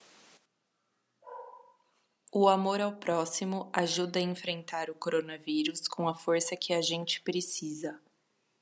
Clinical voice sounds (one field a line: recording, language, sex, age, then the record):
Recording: spoken sentence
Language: Brazilian Portuguese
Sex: female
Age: 20 to 29 years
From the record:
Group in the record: control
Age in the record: 27 years